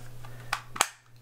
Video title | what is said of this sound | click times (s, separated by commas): 7 Tips - Parrot Anafi 4k Drone | think it you heard the snap but if you look at it from the back the battery is sticking up | 0.8 s